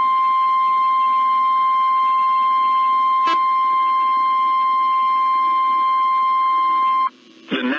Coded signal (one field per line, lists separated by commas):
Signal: Emergency Alert System (SAME) tones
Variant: 1050 Hz attention tone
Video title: 20 Minutes of Emergency Alert System Activations NOAA Weather Radio